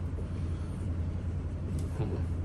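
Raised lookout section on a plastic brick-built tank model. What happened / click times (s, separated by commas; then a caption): The plastic lookout piece clicked into its locked position / 1.8 s. The raised lookout (crow's nest) on a plastic brick-built LEGO Star Wars Clone Turbo Tank model from 2005 is lifted and pushed upright over a steady low rumble. A single short click at 1.8 s marks it locking into place, and the lookout is seated.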